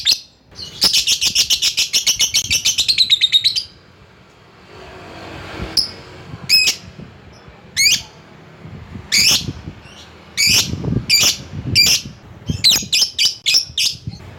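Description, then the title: Lovebird chattering in a rapid buzzy trill for several seconds, then giving separate shrill chirps and short squawky bursts. Lovebird calling a rival. "Lovebird Memanggil Lawan"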